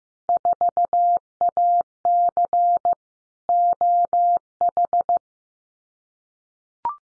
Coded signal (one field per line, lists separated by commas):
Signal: Morse code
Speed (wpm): 15 wpm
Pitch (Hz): 700 Hz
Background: none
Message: 4AC OH